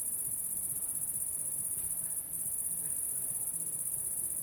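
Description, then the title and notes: Cricket song, a shrill continuous trill with one short break midway, over faint low background noise. Recorded at La Sablière, Saint-Privat-de-Champclos, France, with a Zoom H6 and M/S microphone. "Saint-Privat-de-Champclos, France - cricket la sabliére. cricket la sabliére Captation : ZOOMH6 + M/S Microphone"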